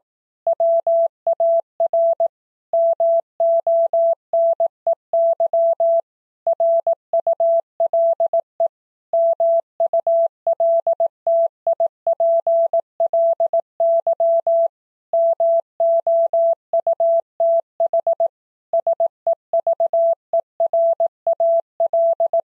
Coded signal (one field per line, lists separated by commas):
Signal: Morse code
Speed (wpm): 18 wpm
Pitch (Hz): 670 Hz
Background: none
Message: WAR MONEY RULE MULTIPLY MOUTH SEVERAL